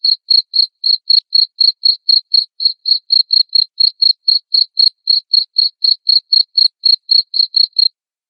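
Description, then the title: Cricket chirps, clean high pulses repeated about four times a second in an even train, ending near the close. Loud cricket chirping (ngerik) played to make lovebirds sing continuously (ngekek). "Suara JANGKRIK NGERIK Keras Bikin LOVEBIRD Jadi NGEKEK Terus Vubey"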